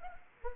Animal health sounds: mosquito wingbeat signal from an infrared sensor; Anopheles arabiensis

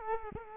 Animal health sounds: mosquito wingbeat signal from an infrared sensor; Culex quinquefasciatus

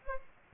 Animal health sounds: mosquito wingbeat signal from an infrared sensor; Aedes aegypti

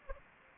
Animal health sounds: mosquito wingbeat signal from an infrared sensor; Aedes aegypti

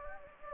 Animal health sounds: mosquito wingbeat signal from an infrared sensor; Anopheles gambiae

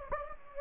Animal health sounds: mosquito wingbeat signal from an infrared sensor; Anopheles gambiae

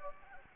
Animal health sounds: mosquito wingbeat signal from an infrared sensor; Anopheles gambiae

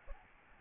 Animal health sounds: mosquito wingbeat signal from an infrared sensor; Aedes albopictus

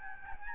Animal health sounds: mosquito wingbeat signal from an infrared sensor; Aedes albopictus

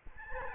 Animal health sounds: mosquito wingbeat signal from an infrared sensor; Aedes albopictus

